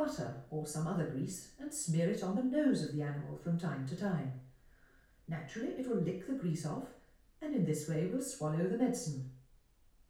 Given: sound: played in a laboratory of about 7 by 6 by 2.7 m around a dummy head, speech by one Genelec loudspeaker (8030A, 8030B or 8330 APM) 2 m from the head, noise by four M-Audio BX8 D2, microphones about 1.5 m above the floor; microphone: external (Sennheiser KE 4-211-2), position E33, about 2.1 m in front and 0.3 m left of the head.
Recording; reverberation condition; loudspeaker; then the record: female speech in English; medium; behind (180 degrees)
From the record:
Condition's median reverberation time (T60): about 510 ms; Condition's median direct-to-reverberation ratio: about -0.5 dB